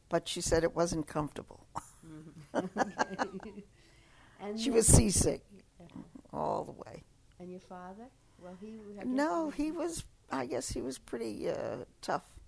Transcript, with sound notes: but she said it wasn't comfortable. ( they laugh ) She was seasick all the way.
And your father? Well, he...
No, he was, I guess he was pretty, uh, tough,